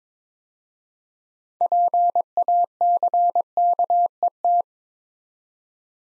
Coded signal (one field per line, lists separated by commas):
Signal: Morse code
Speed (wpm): 22 wpm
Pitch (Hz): 700 Hz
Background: none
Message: PACKET